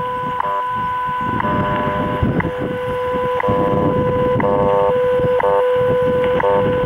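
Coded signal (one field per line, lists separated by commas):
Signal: radio time signal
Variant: WWV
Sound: steady 500 Hz tone with a short click every second over noisy static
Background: radio static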